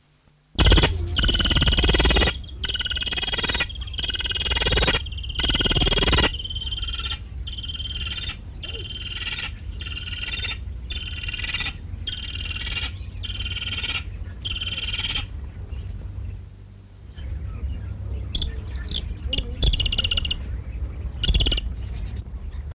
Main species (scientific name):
Acryllium vulturinum